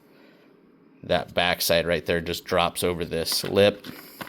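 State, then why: Not seated. Someone talks while a plastic Tekton wrench holder is handled, its back side dropped over the lip of a wrench organizer rail before being pushed down. Two faint, sharp taps come near the end at about 4.2 and 4.3 seconds. Nothing has seated or clicked yet.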